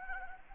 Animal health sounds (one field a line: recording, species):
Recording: mosquito wingbeat signal from an infrared sensor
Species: Anopheles gambiae